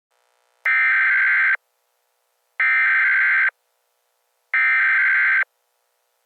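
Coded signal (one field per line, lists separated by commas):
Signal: Emergency Alert System (SAME) tones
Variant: header bursts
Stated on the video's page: Fictional EAS scenario.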